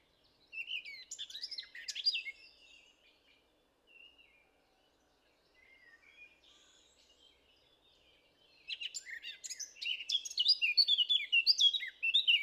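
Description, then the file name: Eurasian blackcap: a brief burst of mixed warbling notes, scattered soft notes during a pause, then an extended, energetic warble of high chatter and fluty phrases. "Sylvia atricapilla"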